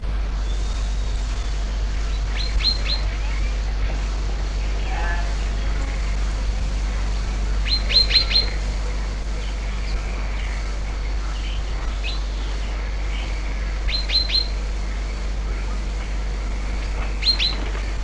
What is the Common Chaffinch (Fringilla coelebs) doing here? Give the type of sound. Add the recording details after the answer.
alarm call. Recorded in the wild. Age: adult. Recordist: Meyer, Hugo. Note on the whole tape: Warnrufe: "pink-pink"